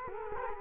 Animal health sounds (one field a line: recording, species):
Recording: mosquito wingbeat signal from an infrared sensor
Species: Culex quinquefasciatus